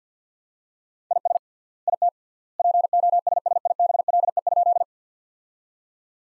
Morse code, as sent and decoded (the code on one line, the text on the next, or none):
.. ... / .. - / .--. --- ... ... .. -... .-.. . ..--..
IS IT POSSIBLE?